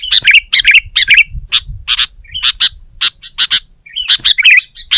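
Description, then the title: Sooty-headed bulbul song, a lively string of bright chirps and short wavering whistles, several notes per second, with faint low noise behind. "kutilang"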